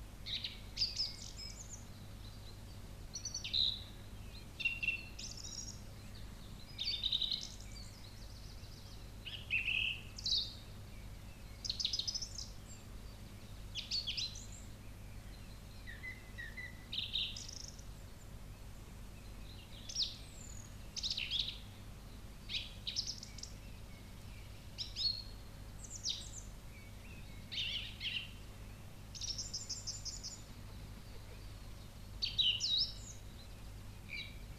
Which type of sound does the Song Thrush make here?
song